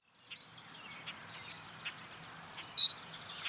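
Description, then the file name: Savannah sparrow song with faint soft notes first, then high thin chips leading to a sustained sizzling buzz and a short, lower buzzy ending. "Passerculus sandwichensis - Savannah Sparrow"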